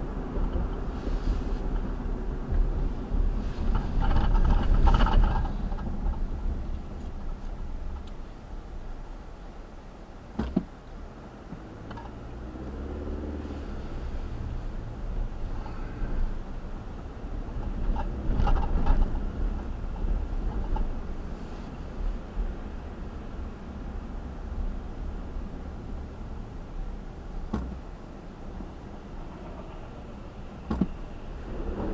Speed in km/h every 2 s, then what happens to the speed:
58, 44, 31, 15, 0, 6, 18, 23, 27, 32, 35, 32, 27, 19, 19, 23.
0-8 brakes to 0. 9-19 pulls away to 35. 19-26 slows to 19.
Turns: none.